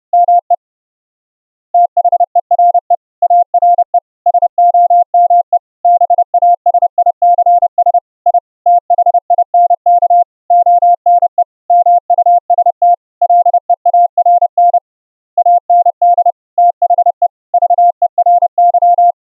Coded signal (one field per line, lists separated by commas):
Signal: Morse code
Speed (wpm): 30 wpm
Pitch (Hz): 700 Hz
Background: none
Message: ME THERE ARE SOME BASICS I THINK ONE MUST LEARN AND THE VERY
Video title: Morse Code audio QSO over the internet using the GOSH.IO website & your WEBrtc enabled browser